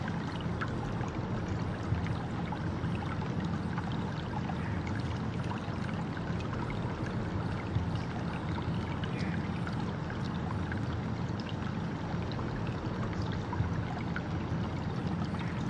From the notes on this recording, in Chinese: 流水聲